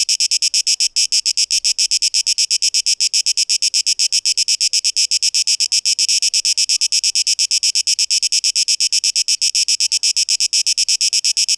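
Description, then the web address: Cicada song, a loud high buzzing made of rapid, steady pulses throughout, with no other sounds. 12 August 2023. "rauschpartikel 2023-08-12 Zikaden"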